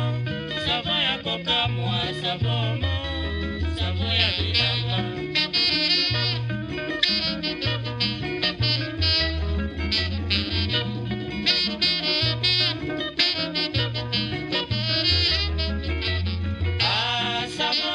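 Congolese rumba plays steadily throughout, with a bouncing bass line, bright guitar runs and crisp percussion hits repeating in a lively, regular groove.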